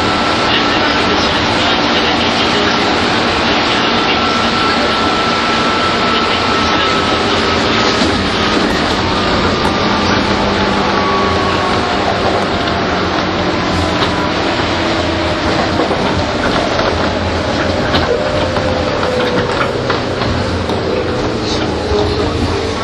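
A train ride on the Tokyo–Takao line, with a steady, dense rumble of wheels and running noise filling the whole stretch. A thin motor whine glides slowly downward as the train eases off, while faint clicks and rattles pass through.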